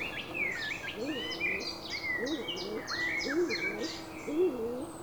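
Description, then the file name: Stock dove coos: a few low, soft double notes about one a second, with a songbird's whistled phrases and chirps over them. "Skogsduva"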